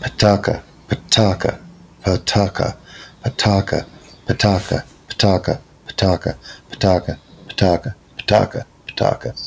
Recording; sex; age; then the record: repeated syllables /pa ta ka/; male; 50 to 59 years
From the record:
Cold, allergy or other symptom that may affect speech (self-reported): no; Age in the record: 56 years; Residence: Ohio, United States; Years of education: 13